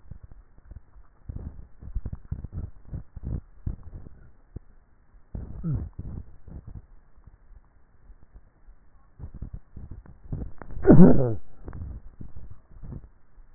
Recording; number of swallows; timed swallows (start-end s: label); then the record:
swallowing sounds by neck microphone; 5
2.08-2.82 s: swallow
3.25-4.12 s: swallow
6.12-6.95 s: swallow
9.85-10.48 s: swallow
12.38-13.05 s: swallow
From the record:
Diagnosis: dysphagia